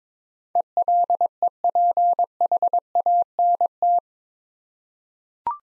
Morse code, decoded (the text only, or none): ELEPHANT